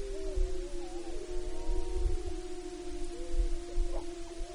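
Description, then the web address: Wolf howls, long steady drawn-out tones held at nearly even pitch, with a few shorter higher howls overlapping and a low background rumble. Recorded in Wrangell-St. Elias, Alaska, on 9 April 2015. "alaska acoustic highlights MAMMALS WRSTBLMT 20150409. Wolves"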